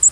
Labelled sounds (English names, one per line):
American Redstart flight call